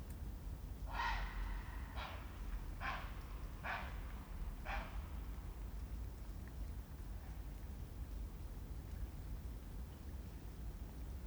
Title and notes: Piège à son nocturne - bord de Rhône - Bassy. Ici des cris de héron cendré